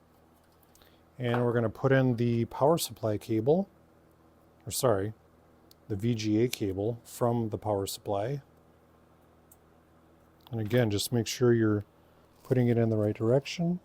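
A PCIe power cable plug from the power supply is oriented and lined up at the graphics card's power socket, ready to be pushed in. Someone talks throughout, with a few faint, quiet ticks of handling around 0.6–0.8 s, 9.5 s and 10.4 s. The plug has not seated or clicked yet.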